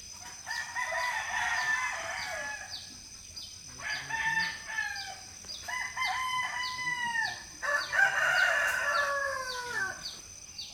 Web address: Philippines sound library by Faunethic Village quiet chicken hen symphony early the morning